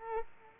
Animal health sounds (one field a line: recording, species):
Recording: mosquito wingbeat signal from an infrared sensor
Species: Culex quinquefasciatus